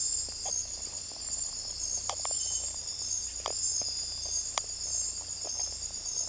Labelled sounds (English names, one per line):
none